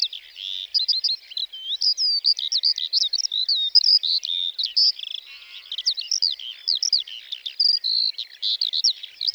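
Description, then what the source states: Lark singing continuously, a high, lively string of twittering notes, short whistles and rapid trills. 29 March 2020, Plateau de Lesches-en-Diois; sings before full daybreak, perched on top of a bush rather than in flight, for nearly fifteen minutes before flying off; Nagra Seven, stereo, cardioid MKH40.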